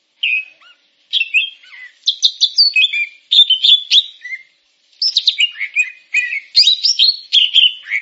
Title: Kicau Burung Cucak Jenggot